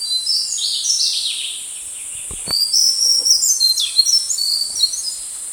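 Slaty-bellied tesia song: loud, very high jumbled notes tumbling and sliding downward in two rapid bursts, over a constant shrill high drone.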